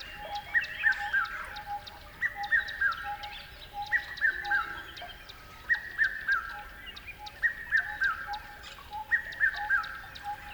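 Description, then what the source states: Bird calls as descending three-note phrases at a regular pace, with an even pulsing tone underneath and rapid thin high chirps. River at dawn.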